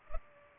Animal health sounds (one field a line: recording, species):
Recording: mosquito wingbeat signal from an infrared sensor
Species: Culex pipiens